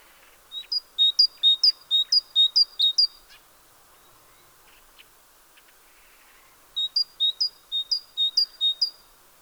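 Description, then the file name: Great tit song in two bouts of bright see-saw whistled pairs with a quiet gap between them. "Parus major"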